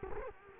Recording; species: mosquito wingbeat signal from an infrared sensor; Culex quinquefasciatus